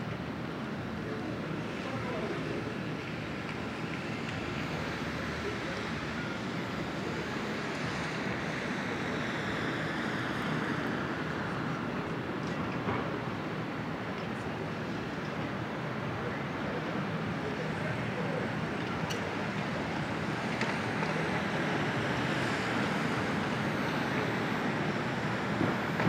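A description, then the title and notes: A Brooklyn morning: a thick, steady wash of city traffic rumbles on for the whole stretch without letting up. Faint voices seem to blend into the hum, with a few soft knocks around the middle and a thin, high whine near the start and end. Brooklyn Morning.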